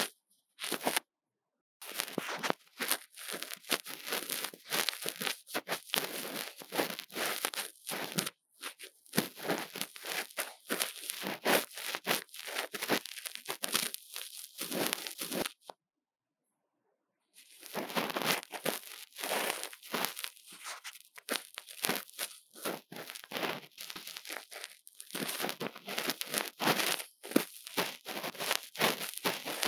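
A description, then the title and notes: Crackly ear-cleaning sounds: dense bursts of scratching and crinkling rustle, bright and papery. The scraping comes in rapid irregular flurries, broken by brief silent pauses near the start, around eight seconds, and from about fifteen to seventeen seconds. ASMR 刺痛注意!!幫手機掏掏耳朵 | Lo-fi | Ear Cleaning | NO Talking.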